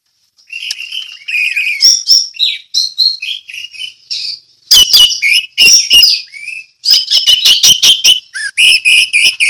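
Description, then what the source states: Orange-headed thrush song with jumbled warbling phrases leading into loud, rapid clicking and rattling series, repeated in bursts. Song in the ngeplong style.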